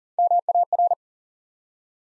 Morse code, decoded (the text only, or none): MAR